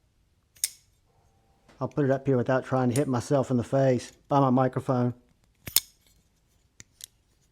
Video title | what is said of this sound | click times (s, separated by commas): An amazing little custom tanto!! The Simeon Custom Knives - Unto! | I don't know if you guys can hear it lock up. | 0.6 s